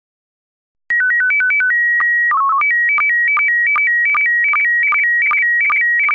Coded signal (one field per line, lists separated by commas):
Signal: SSTV (slow-scan television)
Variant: PD 50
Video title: Slow Scan Radio, August 8, 2018, Ep. 3